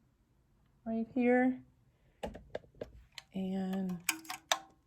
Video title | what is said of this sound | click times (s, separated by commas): THREADING MY INDUSTRIAL KWONCLAN / SIRUBA OVERLOCK SERGER - | that just snaps back in place. | 4.5 s